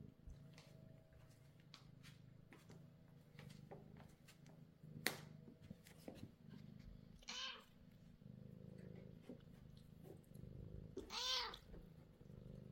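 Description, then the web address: Domestic cat mewing, two short high squeaky mews, one near the middle and one near the end, over low rumbling background noise and scattered clicks. Kittens. "cat chloe kittens"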